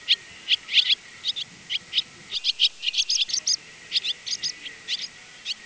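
Barn swallow twittering: quick high chirps in an irregular, steady flow, over a low background hiss.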